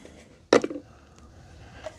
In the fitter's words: Yep, put the lid on and then slide it back until it clicks.